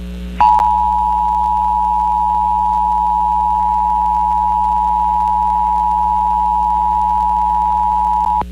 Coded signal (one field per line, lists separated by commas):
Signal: Emergency Alert System (SAME) tones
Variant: 853 and 960 Hz attention tone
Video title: Pennsylvania Required Monthly Tests (5/19/22)(EAS 1169-1179)